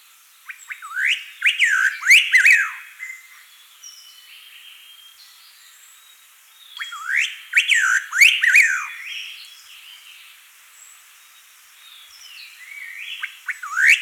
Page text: Striated Laughingthrush Song. Quick Sounds